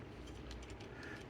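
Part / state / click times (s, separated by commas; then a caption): plastic panel of a transforming action figure / not seated / none. A plastic panel on a Prowl transforming action figure is pushed into place while converting it to vehicle mode, giving a short rustle of plastic handling with a small sharp tick around 0.5 s. The panel does not stay in and nothing has seated or clicked yet; it fails to snap in.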